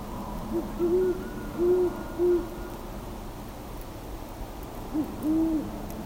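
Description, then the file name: Great horned owl hooting in a stuttered series of deep, muffled notes, a pause, then two more hoots, with faint low background noise. "Great Horned Owl - Bubo virginianus"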